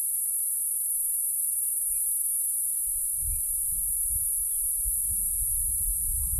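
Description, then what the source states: Cicada song, a continuous high, hissing drone that never pauses, over low wind rumble in the second half. Recorded 20 km west of Swellendam along the R324 road, Western Cape, South Africa; identified as Platypleura cf. catenata.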